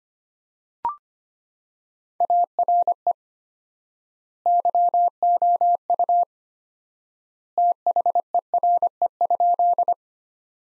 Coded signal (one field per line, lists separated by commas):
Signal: Morse code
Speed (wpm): 25 wpm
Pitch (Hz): 700 Hz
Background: none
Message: ARE YOU THERE?